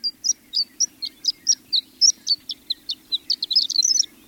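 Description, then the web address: Horned lark singing a high, thin series of tinkling chips, speeding into a rapid jumbled twitter at the end. High-pitched tinkling song suggesting a tiny glass wind chime, repeating in an open grassy expanse in eastern Washington; singer not in view. "Birdnote. Horned Lark"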